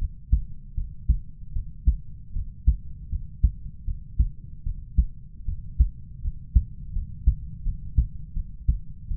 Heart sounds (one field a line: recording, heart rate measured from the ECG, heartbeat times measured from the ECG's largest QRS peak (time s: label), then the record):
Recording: heart sounds by stethoscope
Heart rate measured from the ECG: 79 bpm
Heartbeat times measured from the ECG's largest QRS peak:
0.74 s: heartbeat
1.53 s: heartbeat
2.33 s: heartbeat
3.09 s: heartbeat
3.84 s: heartbeat
4.63 s: heartbeat
5.45 s: heartbeat
6.21 s: heartbeat
6.92 s: heartbeat
7.63 s: heartbeat
8.33 s: heartbeat
9.08 s: heartbeat
From the record:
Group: healthy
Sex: male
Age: 20 years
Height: 187 cm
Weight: 68.9 kg